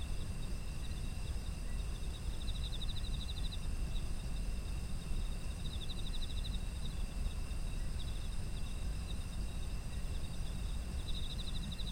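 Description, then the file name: Insects calling in rapid pulsed chirp bursts, three spread throughout, over continuous high insect hum and a constant deep rumbling background. Ambient sound of autumn insects. "秋の虫の環境音"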